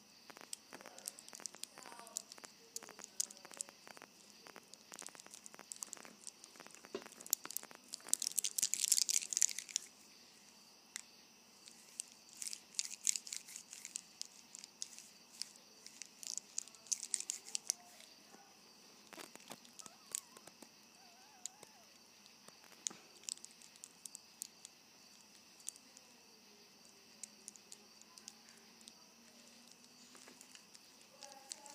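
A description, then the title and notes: A bracelet is handled, its beads clicking and jingling in bright bursts, busiest around eight to ten seconds, then scattered taps over a quiet hum. Playing with my Bracelet.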